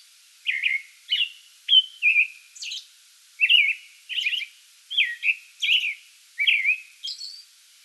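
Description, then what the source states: American robin caroling: short whistled phrases, some flat and sliding down, with occasional high-pitched squeaky notes. Pre-dawn song bout, recorded 8 May 2022.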